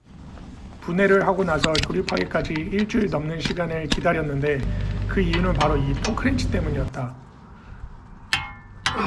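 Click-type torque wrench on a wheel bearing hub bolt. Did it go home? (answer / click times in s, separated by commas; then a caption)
yes / 8.3 s. A click-type torque wrench tightens a wheel bearing bolt on a Land Rover Discovery front hub. Someone talks, with faint music underneath. The wrench gives a sharp click at 8.3 s, confirming the bolt has reached its torque setting, followed by another brief sharp sound at 8.9 s.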